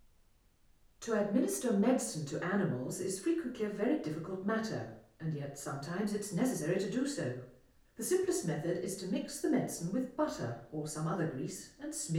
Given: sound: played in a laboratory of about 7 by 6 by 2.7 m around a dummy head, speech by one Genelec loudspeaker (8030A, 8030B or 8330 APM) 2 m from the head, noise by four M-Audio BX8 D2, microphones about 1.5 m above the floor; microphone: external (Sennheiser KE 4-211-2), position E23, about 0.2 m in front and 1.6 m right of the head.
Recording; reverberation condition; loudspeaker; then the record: female speech in English; medium; 60 degrees to the left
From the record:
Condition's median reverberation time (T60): about 510 ms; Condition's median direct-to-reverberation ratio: about -0.5 dB